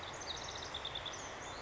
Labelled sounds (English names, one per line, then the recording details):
House Wren
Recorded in Sonoma County, California